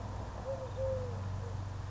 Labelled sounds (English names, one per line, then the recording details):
Eurasian Collared Dove
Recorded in Sonoma County, California